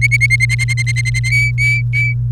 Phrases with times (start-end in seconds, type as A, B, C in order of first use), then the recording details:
0.01-1.19 A, 1.24-2.14 B. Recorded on 30 April 2018 at 05:46. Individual llb3